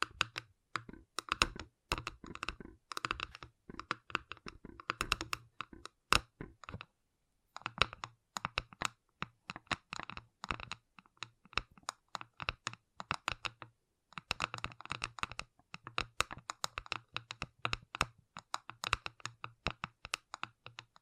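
Gentle tapping in quick, uneven bursts, each tap short and crisp with a bright edge and a soft low thump beneath. The taps come in clusters like typing, with brief pauses near 7.5 and 14 seconds before resuming.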